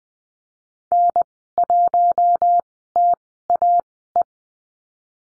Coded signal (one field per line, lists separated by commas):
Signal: Morse code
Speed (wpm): 20 wpm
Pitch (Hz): 700 Hz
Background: none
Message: N1TAE